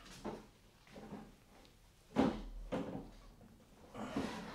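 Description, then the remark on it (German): Wooden drawers of a chest of drawers and a wardrobe door are pulled open one after another as a man's room is searched, a series of short scraping slides and soft thuds in an uneven rhythm, with rustling in between. “Schau du mal im Kleiderschrank nach. Ich nehme mir die Kommode vor.”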